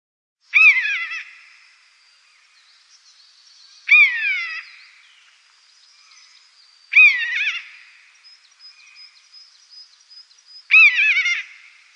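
Common buzzard repeating four strong, descending mewing cries a few seconds apart, with faint high chirps between them.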